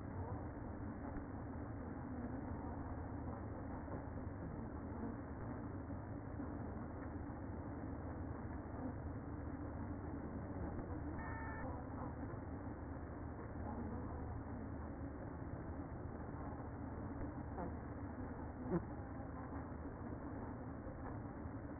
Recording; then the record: honeybee colony, microphone inside the hive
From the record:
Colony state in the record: queen present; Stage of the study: after two queens were removed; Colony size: about 60,000 bees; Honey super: yes